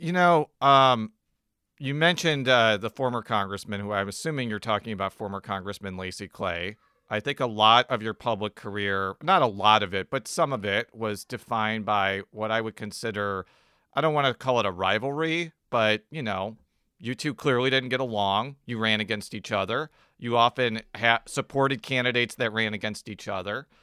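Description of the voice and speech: A man asks an interview question in fluent, clear conversational speech with ordinary pitch and brief natural pauses.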